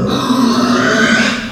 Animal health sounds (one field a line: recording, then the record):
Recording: squeal of a Yucatan mini pig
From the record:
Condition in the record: after surgery on the right vocal fold (resection and tissue-engineered implant)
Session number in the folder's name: 13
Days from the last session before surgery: 113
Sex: female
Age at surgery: 19 weeks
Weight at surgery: 25 kg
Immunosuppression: prednisolone